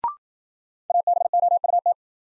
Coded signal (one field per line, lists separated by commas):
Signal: Morse code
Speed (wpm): 53 wpm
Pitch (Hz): 700 Hz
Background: none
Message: ABOUT